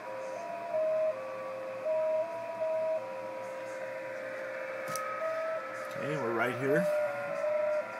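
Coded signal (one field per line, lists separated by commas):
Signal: JT65, JT9 or WSPR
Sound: a steady tone slowly stepping between a few pitches, with a brief spoken voice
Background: speech, room sound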